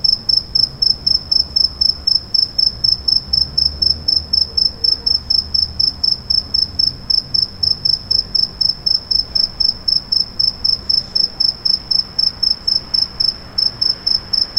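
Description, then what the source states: Cricket chirping in a high, steady ringing tone broken into quick pulses, several per second, with a faint low rumble underneath. A single cricket.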